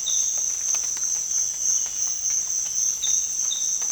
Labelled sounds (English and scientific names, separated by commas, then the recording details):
none
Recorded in dense forest near Puerto Asís, Putumayo, Colombia, on 20 December 2024 at 06:00
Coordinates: 0.481, -76.323
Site G100